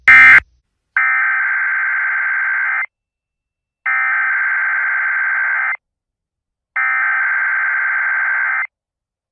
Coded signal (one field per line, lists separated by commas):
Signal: Emergency Alert System (SAME) tones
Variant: header bursts